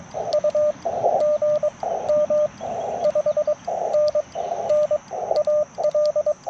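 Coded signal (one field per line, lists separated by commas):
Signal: Morse code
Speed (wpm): 18 wpm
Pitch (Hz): 600 Hz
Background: radio noise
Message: U GM 5NN AL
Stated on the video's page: CW POTA activation in a national forest using a Yaesu FT-891, Modern Morse paddles and a Chelegance MC-750 antenna.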